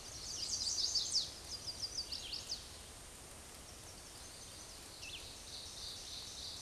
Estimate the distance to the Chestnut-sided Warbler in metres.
about 60 m